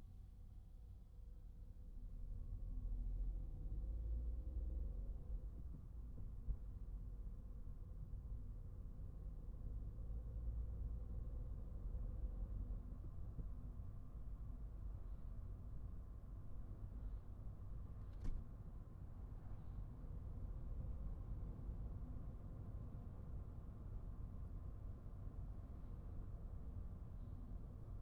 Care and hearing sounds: everyday scene through a hearing-aid microphone; in a vehicle; engine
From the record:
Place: Skoda Fabia, gasoline engine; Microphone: behind the ear, right, rear

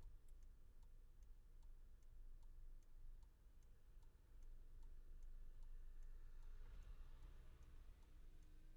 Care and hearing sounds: everyday scene through a hearing-aid microphone; in a vehicle; engine idling, traffic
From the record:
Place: Skoda Fabia, gasoline engine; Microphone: behind the ear, left, front

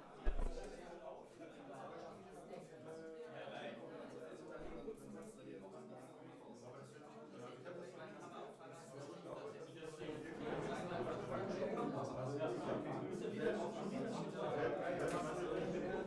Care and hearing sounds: everyday scene through a hearing-aid microphone; many people talking; many voices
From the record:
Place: bistro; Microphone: behind the ear, left, front

